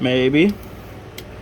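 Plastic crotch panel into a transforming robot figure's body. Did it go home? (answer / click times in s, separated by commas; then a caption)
yes / 1.2 s. Someone talks briefly, then a plastic crotch panel is pushed into place on a transforming robot figure's body. After a brief struggle, a single sharp tick sounds at 1.2 seconds as the panel snaps in and seats.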